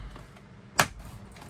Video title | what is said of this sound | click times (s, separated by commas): 2021-2026 Ford Full-Size Bronco door panel & window sweep removal (Front + Rear) | Snaps right into place, and we're all done. | 0.8 s